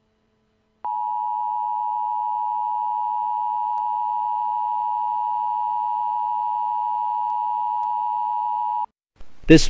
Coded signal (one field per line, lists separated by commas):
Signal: Emergency Alert System (SAME) tones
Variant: 853 and 960 Hz attention tone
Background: speech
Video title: The Void - An EAS Short Scenario